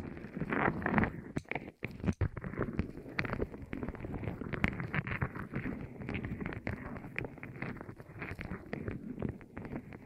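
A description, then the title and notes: ASMR rolling on the ears: a dense, steady, muffled rumble sprinkled with frequent soft clicks, briefly dipping twice near two seconds. ASMR Rolling On Your Ears (No Talking).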